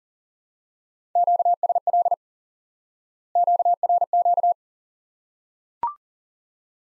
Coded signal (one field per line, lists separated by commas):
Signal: Morse code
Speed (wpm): 39 wpm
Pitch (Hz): 700 Hz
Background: none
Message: QSL QRQ